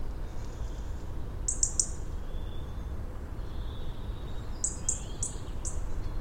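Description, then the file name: European robin phrases of sharp, high repeated notes, a pair and then a run of four, linked by faint lower warbling, against low steady noise. "Erithacus rubecula"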